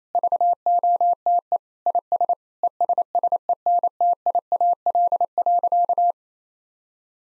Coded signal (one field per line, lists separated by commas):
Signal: Morse code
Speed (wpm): 28 wpm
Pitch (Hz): 700 Hz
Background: none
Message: VOTE IS ESSENTIAL.